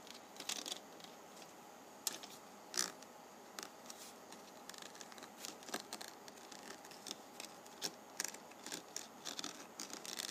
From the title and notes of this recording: ASMR Penny Ridge Rubbing.